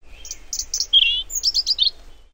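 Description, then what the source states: Whinchat song, a short scratchy phrase of high chattering notes, a buzzy lower trill in the middle, then a quick run of clipped notes, with low rumble beneath. Recorded on 9 June 2017.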